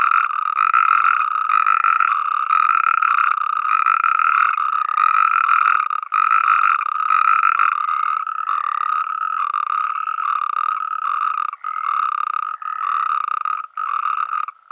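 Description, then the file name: Natterjack toad giving a sustained rattling trill, running almost continuously with short breaks, slightly quieter near the close. "Bufo Calamita"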